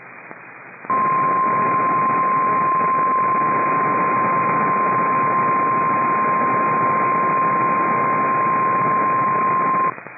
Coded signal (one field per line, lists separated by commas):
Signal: Emergency Alert System (SAME) tones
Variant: 1050 Hz attention tone